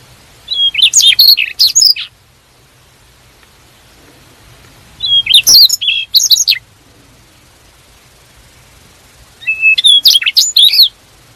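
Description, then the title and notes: Bird song in three bursts of high, sharp chirps and twittered notes, each burst lasting about a second and a half, spaced roughly four seconds apart with quiet between. Ringtone of a bird described as having a melodious voice. "Burung Dengan Suara Merdu"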